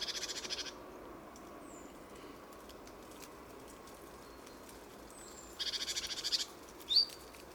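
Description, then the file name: Great tit making two rasping, pulsed churrs separated by a long pause, followed by a short sharp chip, with faint thin whistles in the background. "Parus major"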